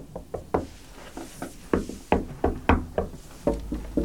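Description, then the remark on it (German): A series of dull, solid knocks on a wooden bookshelf, struck in an uneven rhythm with short pauses between groups, each hit resonating low and thick, with no voices present; the bookshelf sounds solid, with an outside wall behind it. “Ach, hört sich massiv an. Und dahinter ist eine Außenwand.”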